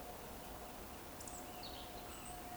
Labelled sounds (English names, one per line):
Eurasian Woodcock whistle